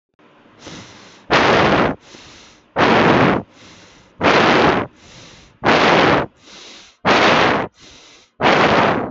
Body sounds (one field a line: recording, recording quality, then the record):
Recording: shallow breathing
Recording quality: moderate, slight background noise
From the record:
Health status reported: healthy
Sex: male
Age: 23 years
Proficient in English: yes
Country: India